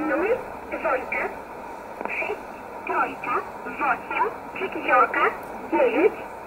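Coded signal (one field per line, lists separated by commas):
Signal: numbers station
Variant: S11a Cherta, Russian voice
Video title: 25 06 2020 S11a Cherta Numbers station in Russian 0709 on 9339 unknown tx site in USB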